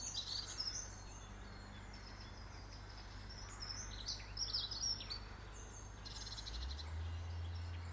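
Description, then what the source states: Birds twittering faintly with high quick chirps and a short buzzy trill, over a steady low hum that gets louder near the end. Birds in a garden.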